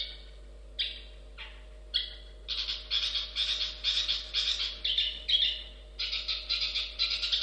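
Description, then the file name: Long-tailed shrike giving harsh, scratchy notes: a few spaced single calls, then dense, repeated grating bursts, over a faint constant hum. "suara burung cendet"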